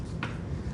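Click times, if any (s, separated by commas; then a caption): 0.2 s. A Rascal Carbon Cruiser folding powerchair unfolds under gravity, and its folding frame latch gives one short, sharp click at 0.2 s, bright mostly between about 1 and 4 kHz, over a steady low background rumble. The latch clicks shut and locks the frame in the unfolded, outward position.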